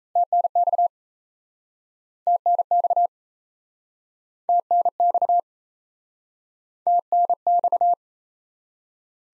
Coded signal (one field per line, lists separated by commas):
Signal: Morse code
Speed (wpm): 38 wpm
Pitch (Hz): 700 Hz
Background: none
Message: TNX TNX TNX TNX